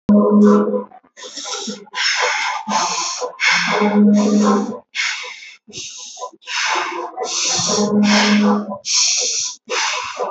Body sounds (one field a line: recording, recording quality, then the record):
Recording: shallow breathing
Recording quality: excellent, no background noise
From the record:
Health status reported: healthy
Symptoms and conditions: diabetes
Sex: female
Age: 40 years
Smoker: not ticked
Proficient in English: yes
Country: India